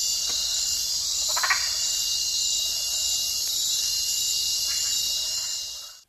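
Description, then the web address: Yasuni treefrog giving one brief, loud, rattling call early on, then faint scattered notes, all set against a dense, continuous shrill insect drone. Ecuadorian Amazon. "Natures Songs S America Frogs of Ecuadorian Amazon Osteocephalus yasuni"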